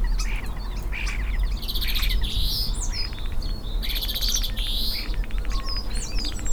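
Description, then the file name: European greenfinch calls: twittering chirps mixed with repeated harsh buzzy notes and quick rattles, over steady low rumbling background noise. "Chloris chloris"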